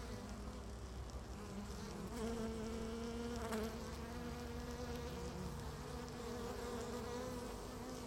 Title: Beehive. Bijenkorf (Laren Gld., July 17th 2015)